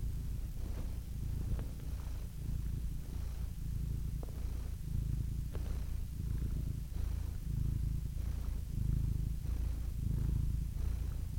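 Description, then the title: Domestic cat purring, a low continuous rumble swelling and easing with each breath, with a few faint clicks. "Adorable Cat Meows"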